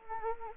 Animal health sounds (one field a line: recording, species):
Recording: mosquito wingbeat signal from an infrared sensor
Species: Anopheles gambiae